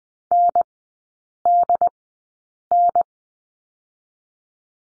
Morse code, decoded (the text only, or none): NDN